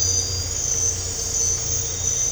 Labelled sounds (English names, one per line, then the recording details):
none
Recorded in dense forest near Puerto Asís, Putumayo, Colombia, on 9 March 2025 at 01:30
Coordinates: 0.468, -76.322
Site GP01